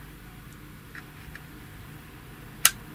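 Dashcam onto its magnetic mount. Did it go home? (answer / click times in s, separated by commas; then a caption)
yes / 2.7 s. A Vantrue E1 dashcam is placed back onto its magnetic pin mount, with a couple of faint ticks near 1.0 s and 1.4 s over a low background hum. At 2.7 s it seats with a single sharp, loud click, confirming it is locked in place.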